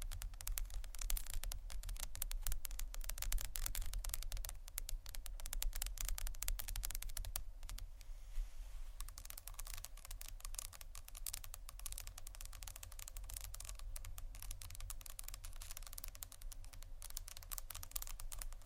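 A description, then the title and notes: Fast tapping and scratching runs almost the whole way through, a dense rattle of quick, crisp clicks like rapid typing. A short, quieter stretch around eight to nine seconds thins to a soft scratchy hiss before the busy tapping resumes. A steady low hum sits underneath. ASMR Fast Tapping & Scratching （No Talking）.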